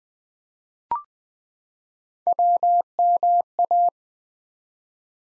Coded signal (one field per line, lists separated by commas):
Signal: Morse code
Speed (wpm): 20 wpm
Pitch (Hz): 700 Hz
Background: none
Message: WMA